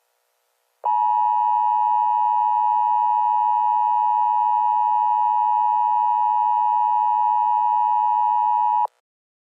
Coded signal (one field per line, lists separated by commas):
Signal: Emergency Alert System (SAME) tones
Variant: 853 and 960 Hz attention tone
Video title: EAS Scenario: Florida Weather Disaster